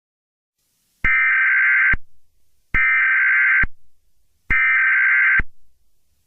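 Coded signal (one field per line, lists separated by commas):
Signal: Emergency Alert System (SAME) tones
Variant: header bursts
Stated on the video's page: Mock EAS winter storm warning for heavy snow.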